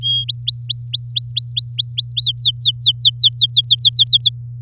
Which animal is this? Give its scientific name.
Serinus canaria